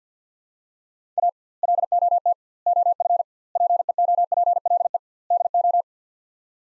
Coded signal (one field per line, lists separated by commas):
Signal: Morse code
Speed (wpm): 50 wpm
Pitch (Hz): 700 Hz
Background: none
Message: A LOT OF PEOPLE DO